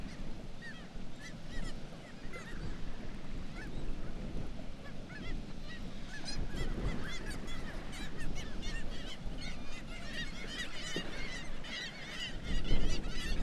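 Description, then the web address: Black-legged kittiwakes calling, sparse at first then building into a thick chorus of overlapping nasal cries in the second half, over a steady low rumble. "sound Black-legged-kittiwake. صدای-پرنده-کاکایی-پاسیاه"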